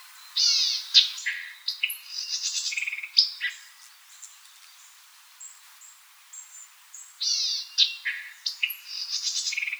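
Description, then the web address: White-eyed Vireo repeating its song twice, each a fast, scratchy phrase of buzzy and chattering high notes, with a few quieter scattered notes between the phrases. Recorded 4 January 2007. "White-eyed Vireo 2007 01 04"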